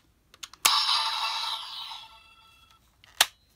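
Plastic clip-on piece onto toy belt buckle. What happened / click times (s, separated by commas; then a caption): Plastic clip-on piece snapped onto the buckle / 0.7 s, 3.2 s. A translucent blue plastic add-on piece with three clips is lined up on a DX X Geats Raise Buckle toy transformation buckle from Kamen Rider Geats and pressed on. A few faint ticks lead into a sharp plastic snap at 0.7 s with a bright ringing tail that fades over about a second, then a second sharp snap at 3.2 s. The piece clips on and is seated.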